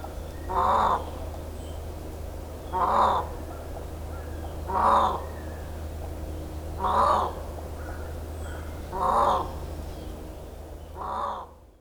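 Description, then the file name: Indian peafowl giving loud, nasal, wailing calls, one roughly every two seconds, six in all, over a steady low hum. Miyakojima, 13 April 2017. "indokujaku miyakojima uemurashingo"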